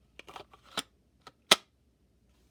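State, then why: Seated. A Grand Power P1 MK12 pistol with a weapon light is pushed into a polymer holster again, with soft handling rustles and light ticks during the first second. It snaps into place with a loud, sharp click at 1.5 s, a little more clicky than before, and the pistol is seated.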